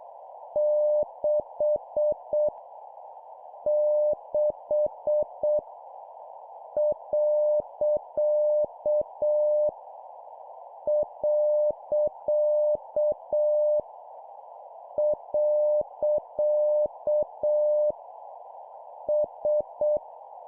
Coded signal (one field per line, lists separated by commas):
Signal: Morse code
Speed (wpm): 7 wpm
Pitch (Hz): 600 Hz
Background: none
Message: 6 6 . . . S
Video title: 7wpm Repeat three times Random Letter Number Punctuation, CW morse code Copy Speed improvement